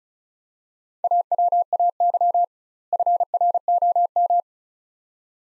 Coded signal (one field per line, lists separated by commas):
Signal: Morse code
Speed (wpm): 36 wpm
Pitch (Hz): 700 Hz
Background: none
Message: AWAY FROM